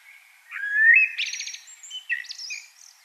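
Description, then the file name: Common blackbird song phrase: a smooth, rising fluty whistle followed by a rapid buzzy trill and high squeaky twittering notes. "Turdus merula"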